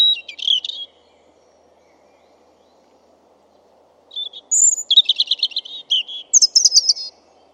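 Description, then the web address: European robin song: a short high warbled phrase, a pause of about three seconds, then a longer run of thin whistles and rapid trills rising and falling. "Deverinetal 2025"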